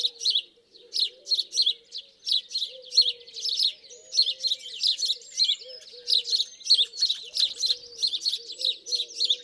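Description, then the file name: House sparrow chirps: bright, harsh notes repeated in a busy, uneven stream, a low soft wavering sound underneath. "Passer domesticus"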